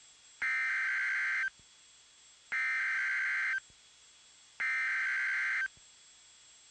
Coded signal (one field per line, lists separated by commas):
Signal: Emergency Alert System (SAME) tones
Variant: header bursts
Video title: EAS TORNADO WARNING REPLACEMENT AL.